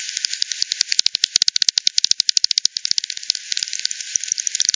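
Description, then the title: Bats give rapid, evenly spaced clicking pulses that strengthen midway, then loosen into scattered ticks. Multiple bats by the Hogsmill River, Hogsmill Lane, 7 October 2020 at 18:10 Z; frequency-division (FD10) bat detector recording, bandpass filtered and resampled. "WW bat 20201007 T 18 : 10 Z-Hogsmill-Lane-Hogsmill-River-multiple-bats"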